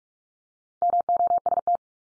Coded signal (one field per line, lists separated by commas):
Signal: Morse code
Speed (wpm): 44 wpm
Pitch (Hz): 700 Hz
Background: none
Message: MOST